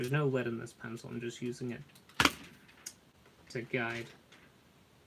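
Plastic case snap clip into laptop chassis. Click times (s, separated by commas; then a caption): 2.2 s. While reassembling an X250 laptop, a plastic case snap clip is worked into the laptop chassis using a pencil as a guide, and a sharp, loud click sounds at 2.2 s as it snaps into place. Someone talks before and after the click.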